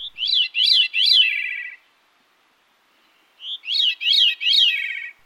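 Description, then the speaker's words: Veery singing two breezy, spiralling phrases, each a short high note followed by three or four looping notes that slide lower and fade, with a quiet gap between. Song sounds like it is being played through a hollow metal pipe; really distinctive. "Its song sounds like it's being played through a hollow metal pipe, and it's really distinctive. Listen."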